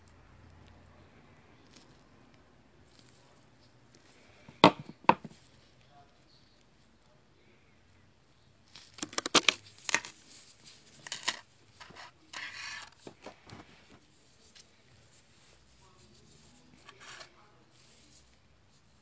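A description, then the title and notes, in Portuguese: Someone making a keychain: two sharp clicks near five seconds, a dense run of crinkling and clacking around ten to thirteen seconds, then a lone tap. Fazendo um chaveiro. Gravo uma produção de um chaveiro especial.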